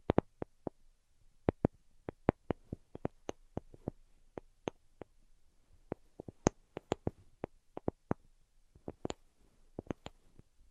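Tapping in an ASMR session: sharp, crisp taps land in quick, uneven runs, roughly three or four each second, with a few brief pauses. Each tap is short and bright with a clicky edge, over a faint low hum.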